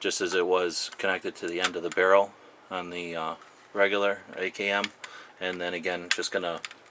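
A Bakelite-sheathed bayonet is handled at the end of a rifle's muzzle device, about to be dropped on so it locks into place. Someone talks throughout, with faint light metallic handling sounds underneath. Nothing has seated or clicked yet.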